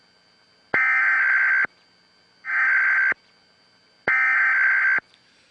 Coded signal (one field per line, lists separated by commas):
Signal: Emergency Alert System (SAME) tones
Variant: header bursts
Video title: [Trump News]EAS Test on 11-9-11 Holds Power to Cut Broadcast Signal